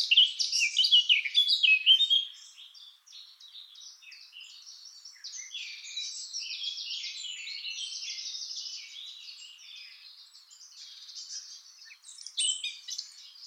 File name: Sylvia atricapilla